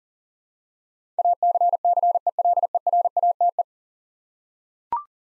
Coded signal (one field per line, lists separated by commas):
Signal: Morse code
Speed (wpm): 40 wpm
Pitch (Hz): 700 Hz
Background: none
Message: ACCELERATE